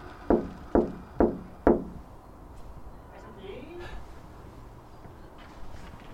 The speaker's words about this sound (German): Ist es okay, wenn ich an diese Scheibe klopfe?